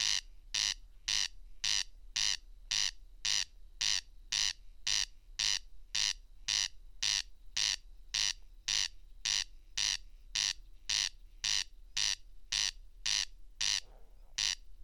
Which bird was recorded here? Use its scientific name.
Crex crex